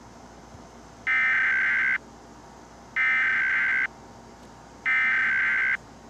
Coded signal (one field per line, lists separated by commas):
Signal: Emergency Alert System (SAME) tones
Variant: header bursts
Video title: EAS Tornado Warning (PowerDirector video for @KittyUZutty)